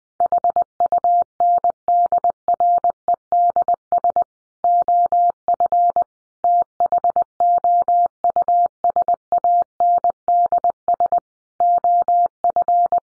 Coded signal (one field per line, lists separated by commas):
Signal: Morse code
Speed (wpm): 19 wpm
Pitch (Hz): 700 Hz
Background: none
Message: HUNDREDS OF THOUSANDS OF